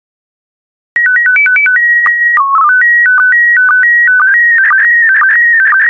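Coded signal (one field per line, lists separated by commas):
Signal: SSTV (slow-scan television)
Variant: PD 120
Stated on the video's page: PD120-mode SSTV transmissions of still photo images, offered as daily decoding practice.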